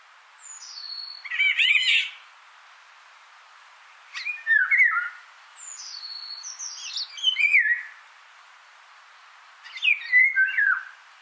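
Indian golden oriole singing four separate phrases, each a mix of slurred falling whistles and harsher high buzzy notes, at irregular intervals.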